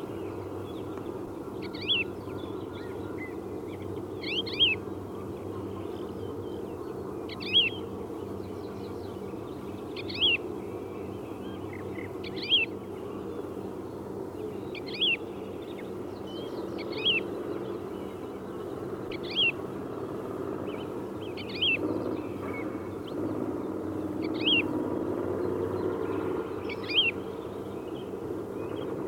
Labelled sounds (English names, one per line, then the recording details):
Wood Lark call
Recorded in the wild
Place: Carpin, Mecklenburg-Vorpommern, DE
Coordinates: 53.359, 13.245
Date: 1980-04-13
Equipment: Nagra III BH, Sennheiser MD 21, parabola
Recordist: Schubert, Michael
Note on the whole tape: Rufe Heidelerche (Treckergeräusch)